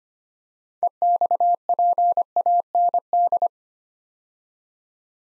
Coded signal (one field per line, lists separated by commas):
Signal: Morse code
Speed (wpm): 25 wpm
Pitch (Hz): 700 Hz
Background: none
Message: EXPAND